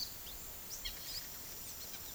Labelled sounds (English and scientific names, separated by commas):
Southern Lapwing (Vanellus chilensis)